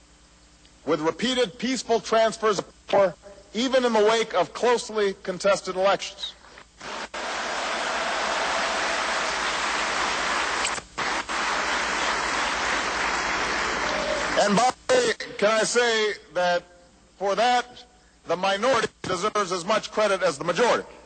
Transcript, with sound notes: with repeated peaceful transfers of power even in the wake of closely contested elections. (Applause.) And by the way, can I say that for that the minority deserves as much credit as the majority.